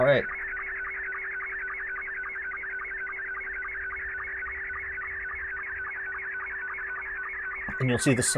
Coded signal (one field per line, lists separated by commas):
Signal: SSTV (slow-scan television)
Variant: Scottie 2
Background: speech